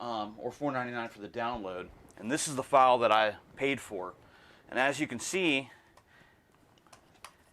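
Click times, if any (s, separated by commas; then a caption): 7.2 s. Someone talks, then a bought 3D-printed plastic Tripltek-compatible tablet adapter with a lanyard/harness mount is fitted onto a new DJI drone remote controller, making a few small ticks and a sharper click at 7.3 s. The adapter does not lock in firmly, though it still works.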